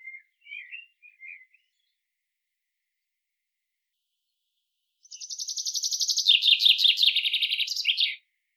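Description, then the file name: Common chaffinch singing one descending rattling trill ending in an emphatic flourish, preceded by a few soft, thin chirps and a long pause. "Fringilla coelebs"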